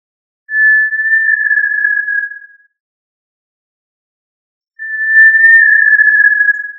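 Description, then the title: Tinamou call: two drawn-out clear whistles of even pitch, each about two seconds, with a pause of around two seconds between them. "Familia Tinamidae - Quail - Puyuh"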